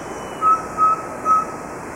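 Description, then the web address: Subtropical pygmy owl giving three short, even whistled toots, clear above a soft constant hiss. Ecuador. "Birds of Ecuador. Subtropical Pygmy-Owl"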